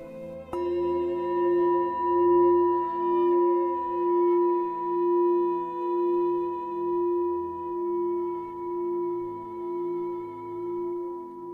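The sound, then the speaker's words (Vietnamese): A Zen meditation master strikes a small bell on a table once during a teaching: a sharp onset followed by a long, sustained metallic ring that pulses gently as it slowly fades, with no one speaking. “Ghi chú, để cho thiền sinh hiểu rõ thêm về bản chất của tâm, Ngài Thiền Sư gõ cái chuông trên bàn rồi giảng tiếp.”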